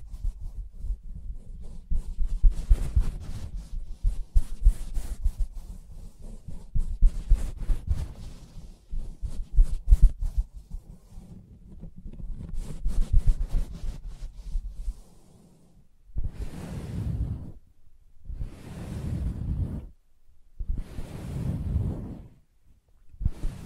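Soft tapping and scratching on a fabric surface, with quick, irregular taps and scrapes packed densely over a low, muffled rumble for the first fifteen seconds. After a brief pause, four slower, breathy rubbing strokes swell and fade, each lasting about two seconds.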